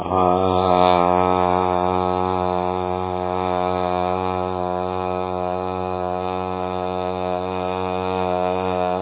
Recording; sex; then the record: sustained vowel /a/; male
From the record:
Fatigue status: no fatigue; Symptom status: symptomatic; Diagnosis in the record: COVID-19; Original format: 3gp